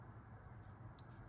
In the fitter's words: there will also be a click sound when the SIM card is inserted correctly